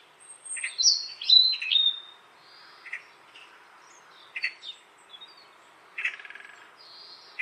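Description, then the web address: Bird chirps and whistles: sliding whistled notes open, followed by short chirps at uneven gaps. "cianscape birddata Deverinetal"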